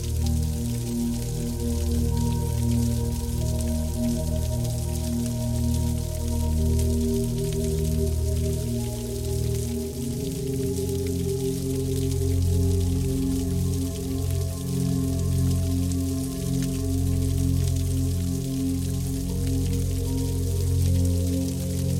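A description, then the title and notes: Soft rain patters steadily over a low, sustained musical drone with warm held tones that shift slightly around the ten-second mark. Rain sound with background music.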